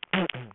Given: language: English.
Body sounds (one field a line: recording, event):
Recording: throat vibration sensor signal played as sound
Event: throat clearing